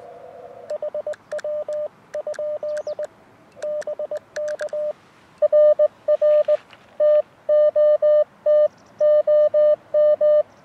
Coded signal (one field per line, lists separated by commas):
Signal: Morse code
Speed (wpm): 20 wpm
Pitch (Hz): 600 Hz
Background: radio noise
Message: HW? BK RR TOT OM